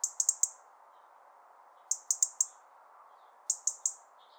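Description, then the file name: European robin calls: very high, sharp ticking notes in quick bursts of three or four, each burst repeated about every one and a half to two seconds over a steady low hum. "Erithacus rubecula"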